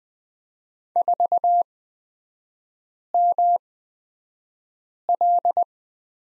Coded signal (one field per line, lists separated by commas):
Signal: Morse code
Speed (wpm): 20 wpm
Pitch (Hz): 700 Hz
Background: none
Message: 4ML